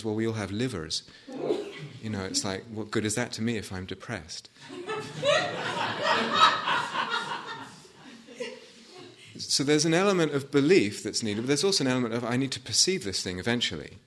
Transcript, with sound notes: Well, we all have livers," you know? It's like, "What good is that to me if I'm depressed?" [laughter] So there's an element of belief that's needed, but there's also an element of, I need to perceive this thing eventually.